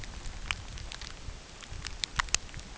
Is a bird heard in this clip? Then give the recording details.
no. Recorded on Arctic tundra, site UTQI-8, on 9 June 2019. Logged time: 16:00